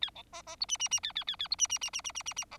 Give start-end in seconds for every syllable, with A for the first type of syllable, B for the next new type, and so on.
0.01-0.10 A, 0.15-0.23 B, 0.32-0.42 C, 0.46-0.56 C, 0.60-0.66 D, 0.68-0.77 E, 0.79-0.88 E, 0.91-1.00 E, 1.03-1.12 A, 1.15-1.24 A, 1.27-1.36 A, 1.39-1.48 A, 1.50-1.56 D, 1.58-1.67 E, 1.69-1.78 E, 1.81-1.90 E, 1.93-2.02 E, 2.04-2.12 E, 2.15-2.23 E, 2.26-2.34 E, 2.36-2.45 E, 2.51-2.58 C